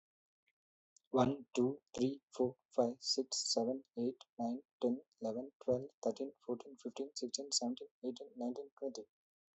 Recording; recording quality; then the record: counting at a fast pace; excellent, no background noise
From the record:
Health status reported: healthy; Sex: male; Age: 37 years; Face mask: not worn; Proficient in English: yes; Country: India